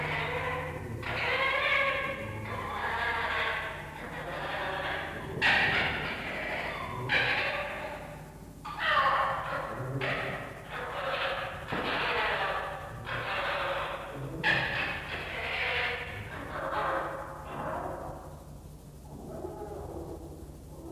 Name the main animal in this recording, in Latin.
Vulpes vulpes